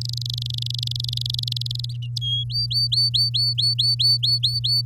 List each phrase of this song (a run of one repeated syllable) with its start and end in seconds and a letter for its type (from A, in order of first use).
0.01-1.86 A, 2.21-2.44 B, 2.50-4.86 C